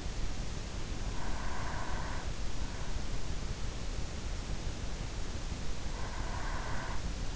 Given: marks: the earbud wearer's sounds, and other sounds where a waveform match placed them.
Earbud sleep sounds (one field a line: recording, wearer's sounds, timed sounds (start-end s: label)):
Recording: sounds in sleep by an in-ear microphone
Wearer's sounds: breath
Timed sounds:
0.72-2.95 s: breath
5.30-7.36 s: breath